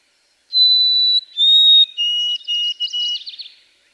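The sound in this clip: White-throated sparrow song, loud and clear: a long high whistle, a slightly lower second whistle, then several brief lower whistles that fade into soft trilling.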